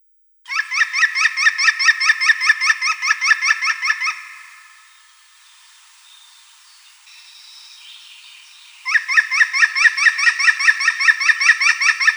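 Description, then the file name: European green woodpecker giving two long, loud laughing series of evenly spaced ringing notes, separated by a few seconds of near quiet. "Djatel zelenyj"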